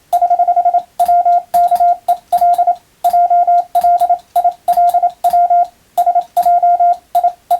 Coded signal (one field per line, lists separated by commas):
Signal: Morse code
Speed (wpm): 27 wpm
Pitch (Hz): 700 Hz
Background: radio noise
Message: <HH>WKEL JLILW SJIE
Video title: モールストレーニング！アマチュア無線ＣＷの練習用。YouTubeの再生速度を調整して手打ちモールスで受信練習を始めてみませんか(morse code practice radio operator )